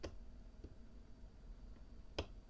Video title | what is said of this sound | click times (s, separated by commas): (098) The Challenge Lock That Wasn't - An Awesome Package From Michael Maynard | Little click off 5. | 2.2 s